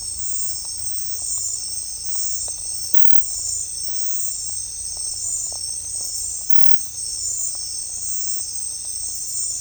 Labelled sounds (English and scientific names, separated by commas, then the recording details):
none
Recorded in secondary vegetation near Puerto Asís, Putumayo, Colombia, on 16 December 2024 at 01:30
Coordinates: 0.499, -76.323
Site G010